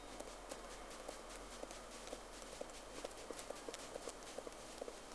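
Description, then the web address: Whale clicks: sharp, brief pulses in an irregular train over steady hissing sea noise. Two whales at sea, 3 October 2006, 11:30. "Sea Snake 10-3-06 Whales X 2 11-30"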